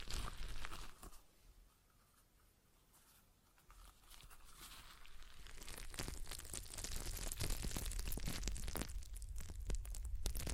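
A stress ball is squeezed and kneaded, crackly crunching bursts at the start, a quieter pause around two to four seconds, then denser rapid squishing.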